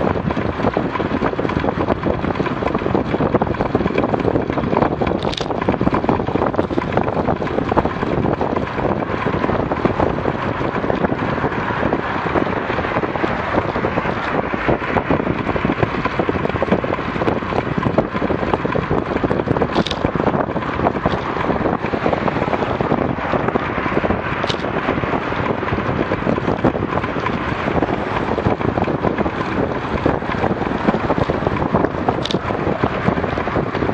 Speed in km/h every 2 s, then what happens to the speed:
31, 36, 32, 35, 34, 34, 25, 36, 34, 34, 30, 33, 32, 30, 34, 33, 21.
0-28 steady at about 34. 28-34 slows to 21.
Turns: none.